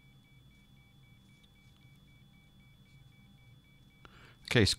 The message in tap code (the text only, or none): none